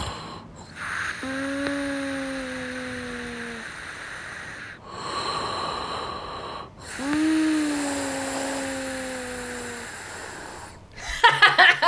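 An adult man snoring in his sleep at night: two long, tonal snoring breaths, each a musical snort with a clear, slowly falling note, typical of vibrating nasal or throat tissue. The snoring is linked to a problem with his nose.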